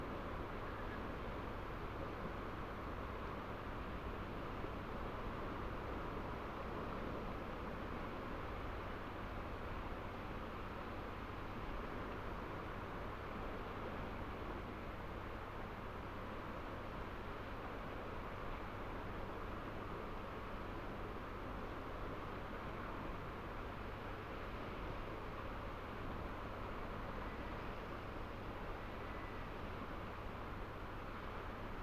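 At a fishing harbour at night, the sea makes a continuous, dense wash against the old seawalls, heard from some distance with no single wave standing out. A steady low hum runs underneath throughout, and the level barely changes across the recording.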